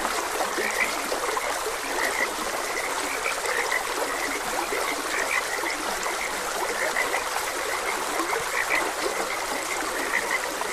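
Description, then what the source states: Frog chorus of brief clicky croaks coming every second or two, partly masked by a loud, even wash of stream water. Frogs croaking beside a gentle stream.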